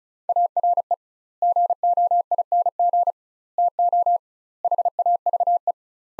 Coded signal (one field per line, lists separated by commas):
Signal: Morse code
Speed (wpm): 36 wpm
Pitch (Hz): 700 Hz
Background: none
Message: ARE GOING TO HAVE